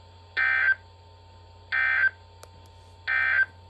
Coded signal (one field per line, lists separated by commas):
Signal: Emergency Alert System (SAME) tones